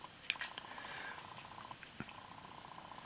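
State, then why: Seated. A metal internal spoke nipple is pushed from the inside into its hole in a cut-open section of a bicycle rim. It snaps into place behind a lip with a sharp click at 0.3 s, followed by faint rustling and small taps, and the nipple is seated.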